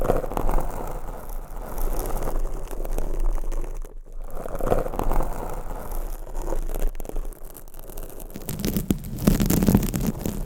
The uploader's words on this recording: ASMR Mic Scratching - Brain Scratching with 9 Mics & XXL ULTRA LONG NAILS No Talking.